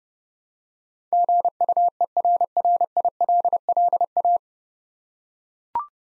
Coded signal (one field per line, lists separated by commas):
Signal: Morse code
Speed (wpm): 30 wpm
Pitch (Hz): 700 Hz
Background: none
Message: GUERRILLA